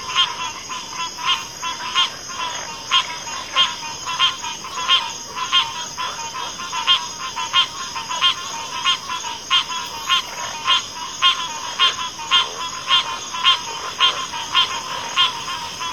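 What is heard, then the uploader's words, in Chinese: A wetland chorus of frogs calls in rapid, steady pulses, joined by a continuous high insect-like trill over a quiet low background. 大自然的声音-田间湿地合唱团。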